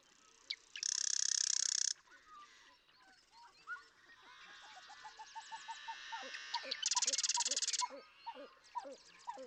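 Marsh Wren gives two loud, high buzzy rattles, while another bird repeats short, lower notes.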